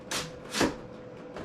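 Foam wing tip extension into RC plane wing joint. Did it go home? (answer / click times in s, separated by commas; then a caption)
no / none. A foam wing tip extension is pushed a second time into the wing joint of an RC plane. It makes only dull, muffled contact sounds with no click, and the tip still fails to lock because the part has to be trimmed. Nothing has seated or clicked yet.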